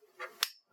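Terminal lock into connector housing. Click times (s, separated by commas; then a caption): 0.4 s. After all four pins are installed in a Sumitomo connector on an AEM coil harness for an FD3S, the connector's plastic terminal lock is pressed into the housing by hand. A soft handling rustle comes first, then one loud, sharp click at 0.4 s. The terminal lock is seated, and the pinning is complete.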